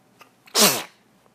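A single explosive sneeze from an adult, lasting about a third of a second, with a bright, hissing burst that fades quickly. Two faint quick intakes of breath come just before it. An ordinary sneeze, with otherwise quiet background.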